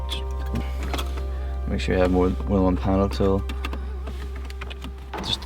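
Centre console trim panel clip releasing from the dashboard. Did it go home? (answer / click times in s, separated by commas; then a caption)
released / 5.3 s. Someone talks over a steady low hum while prying up a piano black plastic centre console trim panel on a Ford Fiesta ST and pulling it out from the dashboard by hand. Several short clicks and taps sound along the way, and a sharp click at 5.3 s marks the console trim panel clip releasing, leaving the panel out.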